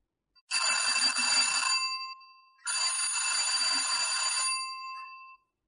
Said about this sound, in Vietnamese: Một loạt tiếng chuông cửa đáng ghét mãi không chịu tắt truyền vào trong tay.